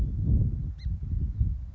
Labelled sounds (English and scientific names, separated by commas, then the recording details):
Song Sparrow (Melospiza melodia)
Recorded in Sonoma County, California